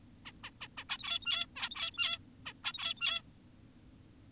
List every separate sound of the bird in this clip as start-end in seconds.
0.26-0.32, 0.44-0.51, 0.61-0.68, 0.78-0.84, 0.89-1.46, 1.56-2.18, 2.46-2.53, 2.64-3.22